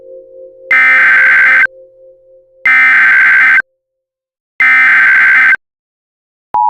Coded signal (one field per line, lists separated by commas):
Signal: Emergency Alert System (SAME) tones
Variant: header bursts